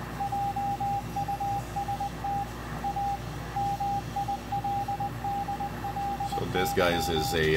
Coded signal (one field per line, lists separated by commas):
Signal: Morse code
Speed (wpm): 19 wpm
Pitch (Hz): 800 Hz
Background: speech, radio noise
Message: JUST A MILDLY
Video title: Decoding Morse Code CW from W1AW 3581.5 Khz Shortwave